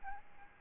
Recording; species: mosquito wingbeat signal from an infrared sensor; Aedes albopictus